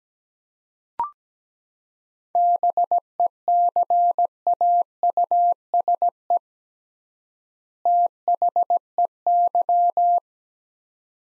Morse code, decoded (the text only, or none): BECAUSE THEY